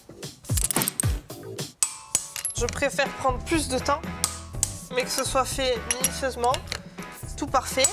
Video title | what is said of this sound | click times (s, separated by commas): 💥🔧 Femmes et Moteurs : Elles Prennent le Contrôle du Monde Auto ! 🏎️ - Emission TV Replay | très simple d'utilisation on entend un clic caractéristique quand on a atteint le bon niveau de cage je | 1.8 s